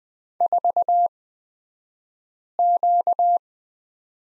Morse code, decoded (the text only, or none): 4Q